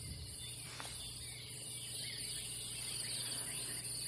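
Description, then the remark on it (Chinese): A steady, high-pitched chorus of insects buzzes continuously in a yard in the early morning, with faint, brief bird chirps scattered through it over a low background hum. No voices. “再次仿佛听见清晨从院子传来的虫鸣，还有鸟叫。”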